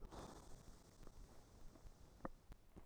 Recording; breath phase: one breath near a microphone; exhalation